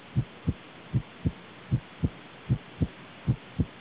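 Five regular lub-dub pairs of low thumps at about 78 beats a minute in an adult heart heard by stethoscope, each pair with two similar-strength beats and quiet gaps between. These are heart sounds.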